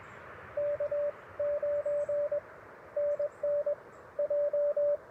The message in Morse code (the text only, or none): K 9 NN J